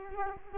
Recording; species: mosquito wingbeat signal from an infrared sensor; Culex quinquefasciatus